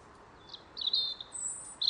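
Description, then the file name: European robin song phrase of thin high whistles, a sliding sweet note followed by a very high drawn-out whistle and a final sparkling flourish, over faint hiss. "Erithacus rubecula"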